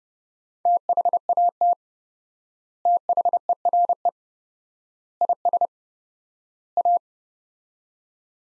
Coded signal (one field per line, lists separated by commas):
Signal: Morse code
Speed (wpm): 30 wpm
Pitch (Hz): 700 Hz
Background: none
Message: THAT THERE IS A